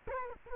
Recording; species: mosquito wingbeat signal from an infrared sensor; Culex quinquefasciatus